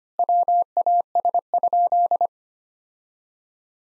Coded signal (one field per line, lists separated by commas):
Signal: Morse code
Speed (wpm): 25 wpm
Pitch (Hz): 700 Hz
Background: none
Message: WAS?